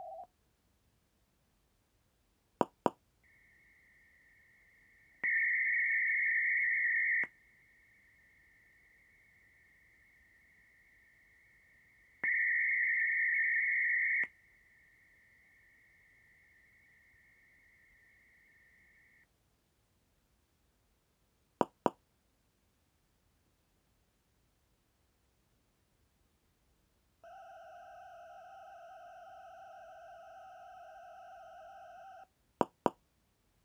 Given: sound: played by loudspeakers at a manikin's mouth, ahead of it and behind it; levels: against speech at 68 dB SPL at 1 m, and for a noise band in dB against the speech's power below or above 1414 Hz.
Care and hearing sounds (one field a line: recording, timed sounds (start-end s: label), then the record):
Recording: test signals for a remote microphone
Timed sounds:
0.00-0.24 s: noise band at 707 Hz, -13 dB
2.61 s: click
2.86 s: click
3.24-5.24 s: noise band at 2000 Hz, -13 dB
5.24-7.24 s: noise band at 2000 Hz, +22 dB
7.24-12.24 s: noise band at 2000 Hz, -13 dB
12.24-14.24 s: noise band at 2000 Hz, +22 dB
14.24-19.24 s: noise band at 2000 Hz, -13 dB
21.61 s: click
21.86 s: click
27.24-32.24 s: four noise bands (707, 1414, 2828 and 5656 Hz), 50 dB SPL
32.61 s: click
32.86 s: click
From the record:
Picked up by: measurement microphone